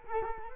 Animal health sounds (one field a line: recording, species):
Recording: mosquito wingbeat signal from an infrared sensor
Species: Culex quinquefasciatus